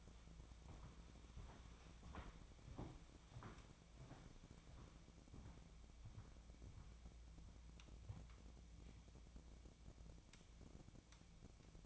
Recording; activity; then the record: daily activity, microphone in the room; walk to room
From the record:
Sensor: 1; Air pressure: 1000.0 hPa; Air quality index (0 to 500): 131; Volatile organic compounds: 2 ppm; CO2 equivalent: 1244 ppm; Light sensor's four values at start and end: 43/108/45/57 and 43/109/46/58